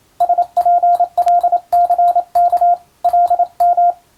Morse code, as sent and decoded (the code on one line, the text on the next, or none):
... .--. .-.. -.-. -.- / .-.. --
SPLCK LM